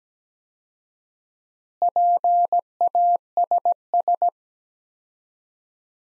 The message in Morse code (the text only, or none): PASS